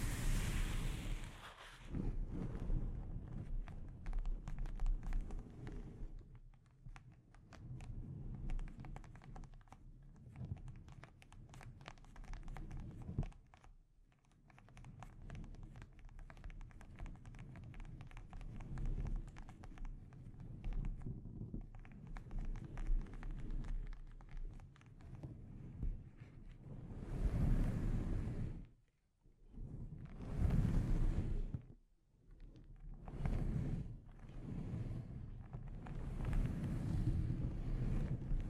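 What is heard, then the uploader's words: Scratching and tapping on a microphone, a dense run of small clicks and rubbing strokes over a low rumble. Near the end, past the half-minute mark, several brief louder bursts of brushing come and go, separated by short quiet gaps. ASMR Delicate Mic Scratching and Tapping Triggers.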